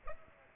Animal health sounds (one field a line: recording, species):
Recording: mosquito wingbeat signal from an infrared sensor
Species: Aedes aegypti